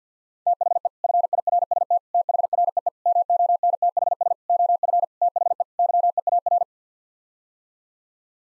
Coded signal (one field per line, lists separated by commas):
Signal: Morse code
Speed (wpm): 50 wpm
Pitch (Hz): 700 Hz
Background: none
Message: THE FIRST THREE MONTHS OF THE YEAR